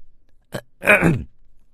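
A short throat clearing: a brief catch of breath, then a rough, raspy two-part rumble lasting about half a second, with no speech around it.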